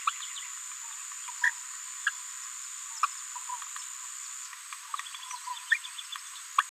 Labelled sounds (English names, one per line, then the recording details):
Green-rumped Parrotlet babbling
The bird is a female
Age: 27 days
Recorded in a nest box in Venezuela
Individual 17B73B2